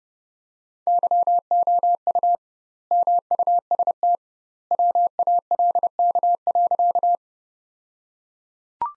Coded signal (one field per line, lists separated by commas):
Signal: Morse code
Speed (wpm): 30 wpm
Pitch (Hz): 700 Hz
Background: none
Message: YOU MUST WALK.